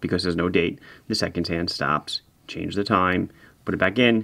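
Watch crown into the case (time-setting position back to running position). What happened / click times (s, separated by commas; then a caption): Handled, not yet home: watch crown pushed back in / none. A man talks while handling a no-date watch, pushing its crown back into the case from the time-setting position toward the running position after setting the time. Only speech is heard, and nothing has seated or clicked yet.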